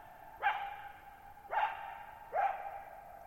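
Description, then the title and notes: Coyote barking, three sharp barks about a second apart, each ringing on in a long echo that fades slowly into a quiet night. Lone coyote at night, July 14, 2019, Thirtymile Meadows, Okanogan National Forest, Okanogan High Country, Pacific Northwest, 6400 ft (1950 m), high dry plateau; shallow bowl-shaped meadow. "Lone Coyote at Thirtymile Meadows. I spent the night of July 14, 2019, camped near Thirtymile Meadows in the Okanogan National Forest at 6400 ft (1950 m)"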